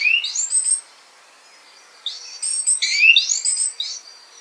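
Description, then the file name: Great tit calls: a quick cluster of thin rising chirps, a second-long gap, then a busier run of sweeping high notes. "Parus major"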